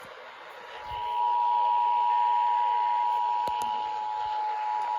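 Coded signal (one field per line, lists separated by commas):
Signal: Emergency Alert System (SAME) tones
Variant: 853 and 960 Hz attention tone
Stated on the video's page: Georgia required monthly tests over the Emergency Alert System.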